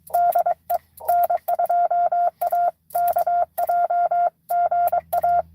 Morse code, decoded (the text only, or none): DE N2AKJ GA